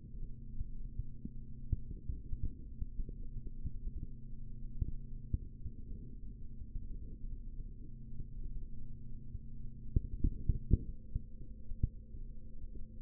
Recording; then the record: forearm muscle sounds (acoustic myography)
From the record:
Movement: rest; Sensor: system 3, bracelet of six PUI Audio POM-2738L microphones around the upper forearm, with dedicated amplification and filtering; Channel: 6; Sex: male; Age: 25 years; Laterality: right